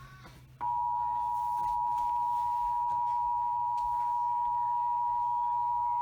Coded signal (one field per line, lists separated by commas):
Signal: Emergency Alert System (SAME) tones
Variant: 853 and 960 Hz attention tone